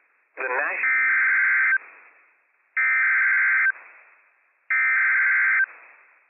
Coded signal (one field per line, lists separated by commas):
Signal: Emergency Alert System (SAME) tones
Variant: header bursts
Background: speech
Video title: Flash Flood Warning - WWF56 - EAS #315 - 3:43 PM PDT 5/27/23